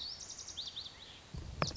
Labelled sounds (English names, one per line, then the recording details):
Lazuli Bunting
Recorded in Sonoma County, California